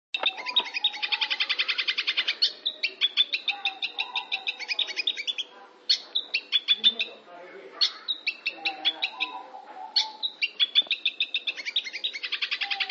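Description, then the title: Long-tailed shrike song: long bursts of rapid, evenly repeated high chattering notes alternating with varied sharp chips and trills. "Cendet Pentet"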